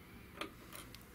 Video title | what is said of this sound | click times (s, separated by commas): Replacing Fuses/Changing Line Voltage DMM6500 DAQ6510 | it clicks and pops out you will | 0.4 s